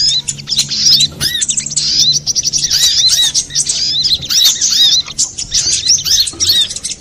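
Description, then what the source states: Little spiderhunter song, a dense run of high, sharp chirps and quick rising and falling whistled notes, chattering almost without pause with brief gaps. Masteran, used for training cage birds.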